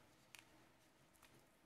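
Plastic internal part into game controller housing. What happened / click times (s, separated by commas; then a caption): The plastic part snapped into place / 0.4 s. An internal plastic part of an Xbox 360 controller is lined up with the housing by its small peg and hole and pressed lightly into place. A sharp double click sounds at about 0.4 s, followed by faint softer ticks around 1.2 s over quiet background hiss. The part snaps in and is well seated.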